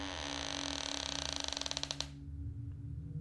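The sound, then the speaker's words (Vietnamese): An old wooden house door, pushed open by a woman stepping inside, creaks in one long, loud, grinding groan whose rapid ticking rhythm slows into separate clicks before stopping, leaving a low hum behind. “Tiếng cánh cửa cũ kỹ kêu lên có két.”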